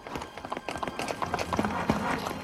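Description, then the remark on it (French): Horses of the two agents Louis de la Rosière and Nardin gallop through the forests of Canterbury under a white autumn moon in October 1763, a rapid, continuous rhythm of overlapping hoofbeats, a busy, steady drumming that stays fairly loud throughout with no voices. “Éclairés par une blanche lune d'automne, ils traversent au galop les forêts de Canterbury.”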